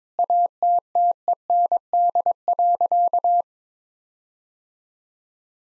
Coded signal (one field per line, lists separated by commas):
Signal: Morse code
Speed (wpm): 22 wpm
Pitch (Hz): 700 Hz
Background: none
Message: ATTEND.